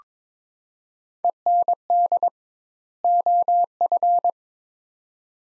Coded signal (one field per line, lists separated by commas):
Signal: Morse code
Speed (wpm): 21 wpm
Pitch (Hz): 700 Hz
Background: none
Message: END OF